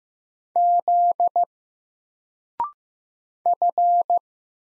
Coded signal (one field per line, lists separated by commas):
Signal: Morse code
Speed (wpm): 15 wpm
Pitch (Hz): 700 Hz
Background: none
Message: Z F